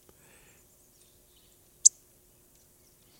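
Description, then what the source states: Yellow-rumped Warbler call: one brief, high chip standing alone in a quiet background. Call note heard this time of year when the bird is not singing; less sharp than a sparrow's chip, not metallic like a cardinal's, a little sputtered; North America.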